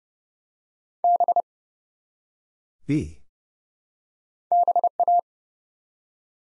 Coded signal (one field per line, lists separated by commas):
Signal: Morse code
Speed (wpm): 30 wpm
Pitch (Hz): 700 Hz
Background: none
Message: B BA